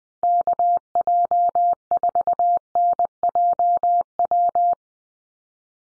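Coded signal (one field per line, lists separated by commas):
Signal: Morse code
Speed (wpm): 20 wpm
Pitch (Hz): 700 Hz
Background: none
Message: KJ4NJW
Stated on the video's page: Head-copy drill of USA call signs sent at 20 wpm, each sent in Morse, then spoken, then sent again.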